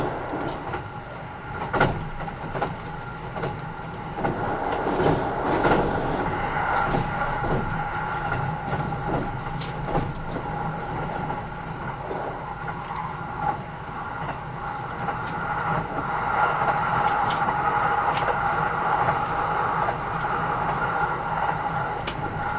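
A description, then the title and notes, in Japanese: Inside a Kintetsu 80000 series Hinotori train, a steady running rumble carries a persistent high whine, with brief clicks and thumps every few seconds. 近鉄80000系 (10番台日立製)ひのとり3113レ 01/01:近鉄名古屋～五十鈴川。Vehicles in the 10th series are equipped with Hitachi equipment in the control device and traction motor.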